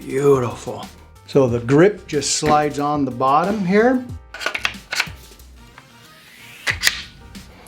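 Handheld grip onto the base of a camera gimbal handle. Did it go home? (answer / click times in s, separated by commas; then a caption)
yes / 6.9 s. A handheld grip is slid onto the bottom of a DJI Ronin-S camera gimbal's plastic and metal handle while someone talks. A cluster of sliding clicks and knocks follows around 4.5–5.0 seconds. A final sharp click at 6.9 seconds marks the grip locking into place so it won't fall off.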